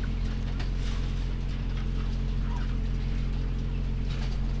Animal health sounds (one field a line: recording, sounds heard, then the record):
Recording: poultry house recording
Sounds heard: sick chickens (respiratory disease)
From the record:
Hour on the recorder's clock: 5